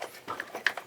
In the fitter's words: once you get that audible cue you know that that is all mounted into place